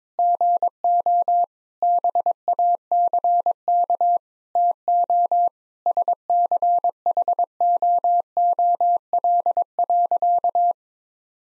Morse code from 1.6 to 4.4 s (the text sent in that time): BACK